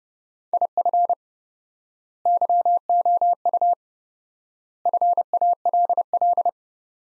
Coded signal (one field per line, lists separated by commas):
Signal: Morse code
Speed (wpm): 30 wpm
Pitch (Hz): 700 Hz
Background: none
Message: IF YOU FALL